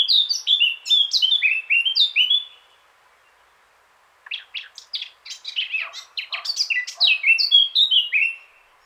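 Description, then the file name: Eurasian blackcap song: a clear, fluty whistled phrase, a short silence, then a scratchy chattering warble that ends in bright descending whistles. "Sylvia atricapilla"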